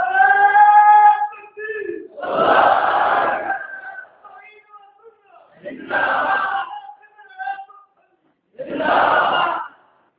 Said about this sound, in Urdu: نعرے نہ لگو, نعرہ